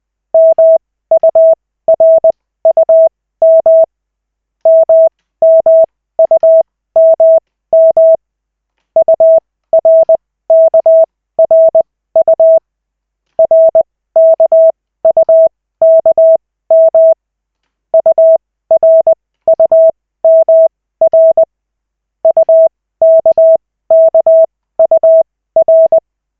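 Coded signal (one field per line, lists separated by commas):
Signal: Morse code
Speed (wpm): 20 wpm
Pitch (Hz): 650 Hz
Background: none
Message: MURUM MMUMM URKRU RKUKM URUMR UKKUR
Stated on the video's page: Koch method Morse practice session, lesson 3 of 40, five minutes, generated by the LCWO.net website.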